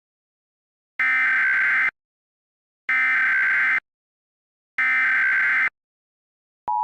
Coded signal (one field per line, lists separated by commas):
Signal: Emergency Alert System (SAME) tones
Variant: header bursts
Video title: The 1,000 (An EAS Special Scenario)